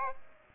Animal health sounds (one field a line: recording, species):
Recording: mosquito wingbeat signal from an infrared sensor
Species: Aedes aegypti